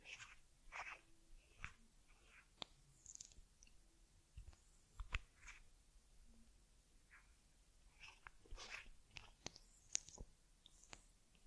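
Ear cleaning of a teddy, heard as a string of soft rubbing, scratching and brushing strokes with sharp clicks and taps scattered throughout. The sounds come in irregular bursts over a quiet low hum, busiest around the middle and near the end.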